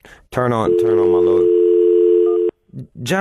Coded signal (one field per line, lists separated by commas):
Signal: telephone call progress tone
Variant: North America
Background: speech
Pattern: dial tone